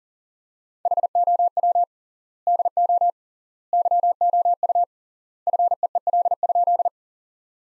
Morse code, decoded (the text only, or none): HOW DO YOU FEEL?